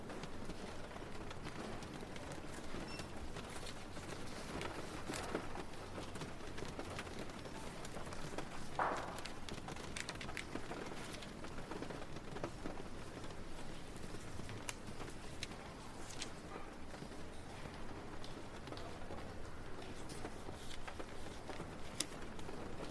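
Rain falls steadily, a dense, even hiss with a soft low rumble beneath it. Countless small drips and taps patter across the top, with a few sharper ticks standing out around nine, sixteen and twenty-two seconds.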